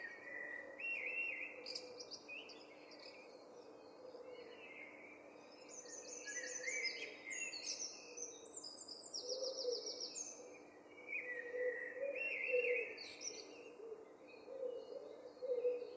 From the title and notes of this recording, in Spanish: En el corazón de la bulliciosa ciudad de Londres yace una sinfonía oculta que despierta con los primeros rayos de luz: el encantador coro del amanecer de los pájaros.